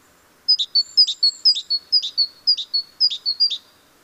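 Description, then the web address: Great tit singing a steady run of about seven bright two-note phrases, a higher note dropping to a lower one, repeated roughly twice a second. "SETE Parus major"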